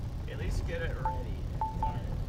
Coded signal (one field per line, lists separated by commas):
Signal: none